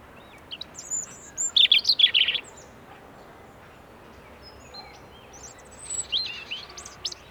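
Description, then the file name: European robin giving one loud, high, tinkling warbled phrase, then quieter thin notes and a short high trill near the end over soft hiss. "Erithacus rubecula"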